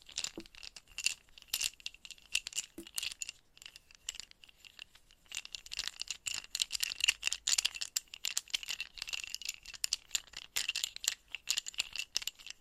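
Chalk being tapped and scratched, a dense run of quick, bright clicks and scrapes with brief pauses and no steady background sound.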